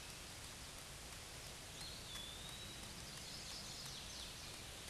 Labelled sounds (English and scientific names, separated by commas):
Eastern Wood-Pewee (Contopus virens) song